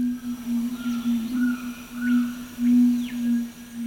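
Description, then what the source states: Red-ruffed fruitcrow booming display: a deep humming drone that swells and fades in pulses, with faint higher whistled notes in the background. Male booming out its display calls, a strange sound echoing through mountain forest in northeastern Argentina.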